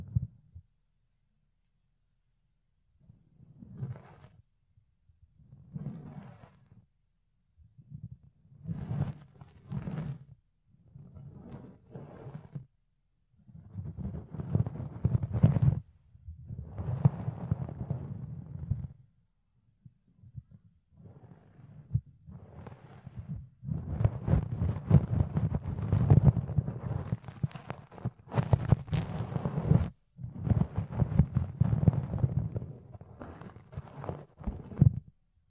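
Fluffy ear cleaning sounds: soft, muffled rubbing and scratching in low thumping bursts, separated by short silences in the first half. From about 21 seconds the brushing grows denser and nearly continuous, with sharper scratchy crackles cutting through at intervals.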